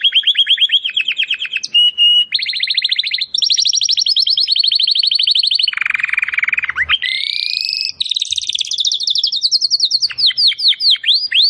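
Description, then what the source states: Domestic canary singing a long varied song of fast trills, a few brief breaks, a buzzy lower roll, and rising then falling sweeping notes. Belgian canary singing; labelled 'Campainha'.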